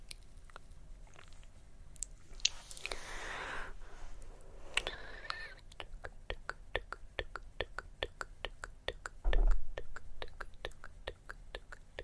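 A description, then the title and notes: Mouth sounds with soft face touching: a few scattered clicks and a brief rustling brush in the first seconds. From about six seconds on, sharp wet clicks come in a quick, steady run of several per second, with a short low thump near nine seconds. ASMR Witch Relaxes You With Face Touching and Mouth Sounds.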